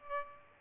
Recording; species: mosquito wingbeat signal from an infrared sensor; Aedes albopictus